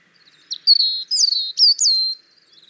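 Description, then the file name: European robin song: a clear phrase of high, sliding whistles and short warbled notes, each sharply attacked, with silence around them. "Erithacus rubecula"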